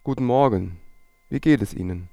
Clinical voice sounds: spoken sentence; German; male; 40 to 49 years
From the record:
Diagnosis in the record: hyperfunctional dysphonia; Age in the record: 48 years

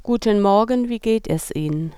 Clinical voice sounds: spoken sentence; German; female; 60 to 69 years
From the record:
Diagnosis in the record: functional dysphonia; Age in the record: 61 years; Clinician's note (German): Leichte Form

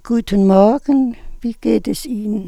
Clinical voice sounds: spoken sentence; German; female; 70 to 79 years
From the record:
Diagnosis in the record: presbyphonia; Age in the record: 77 years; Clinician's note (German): Intermediärschwäche

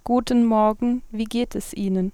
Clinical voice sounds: spoken sentence; German; female; 20 to 29 years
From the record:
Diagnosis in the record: healthy voice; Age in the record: 21 years

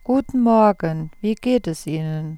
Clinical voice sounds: spoken sentence; German; female; 70 to 79 years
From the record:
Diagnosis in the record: presbyphonia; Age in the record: 74 years

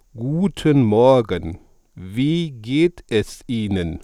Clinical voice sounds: spoken sentence; German; male; 50 to 59 years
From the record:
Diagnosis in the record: dysphonia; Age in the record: 52 years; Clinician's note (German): Zustand nach Apoplex mit Sprechapraxie

